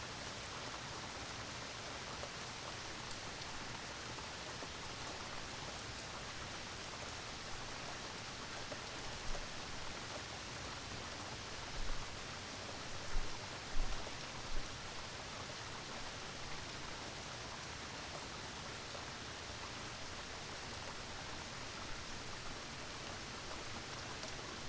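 A mild rainstorm falls in a steady, dense hiss that fills everything from low rumble to bright top without easing. The level stays even throughout, broken only by a few louder drips or splashes between about twelve and fifteen seconds.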